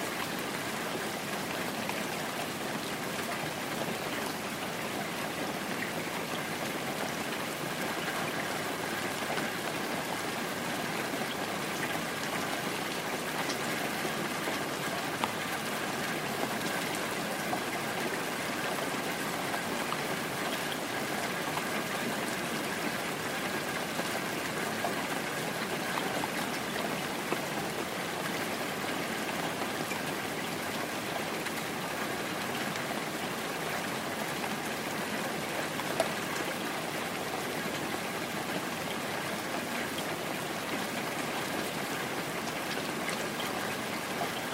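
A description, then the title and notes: Rain falls in a steady, dense hiss that barely changes across the whole stretch, with a faint low rumble underneath. The sound is even, filling the mid and upper range. Occasional slightly louder drops or ticks stand out, one around 36 seconds. Sounds of rain. Peaceful Rain Sound, Rain Ambience.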